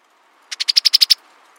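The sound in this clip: Brown-headed cowbird chatter: a quick dry rattle of about eight evenly spaced high notes lasting under a second.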